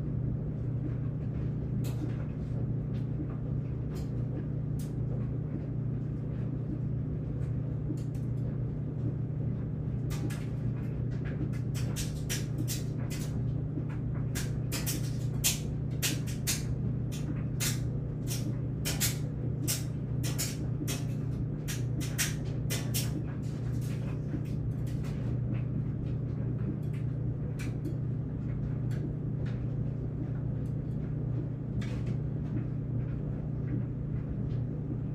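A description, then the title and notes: A clothes dryer hums with a steady low drone, while clothes tumble and tap inside, most busily between ten and twenty-five seconds. Drying Clothes - Drying Machine Running. The sound of a humming dryer.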